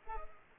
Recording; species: mosquito wingbeat signal from an infrared sensor; Culex pipiens